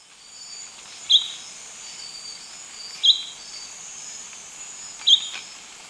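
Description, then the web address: Golden-faced Tyrannulet giving three clear high call notes, evenly spaced about two seconds apart, over a steady high background drone. Subspecies albigularis, recorded in Ecuador. "Birds of Ecuador Golden-faced Tyrannulet"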